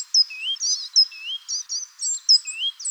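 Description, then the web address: Great tit calls, varied high chirps and short warbled notes, some sliding down and some rising, given in quick irregular bursts with brief pauses. "Parus major"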